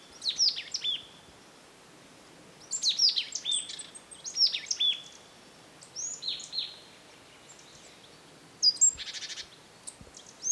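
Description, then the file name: Marsh tit with high, sharp slurred call notes in several bursts, followed near the end by a short, buzzy, nasal series. "Poecile palustris"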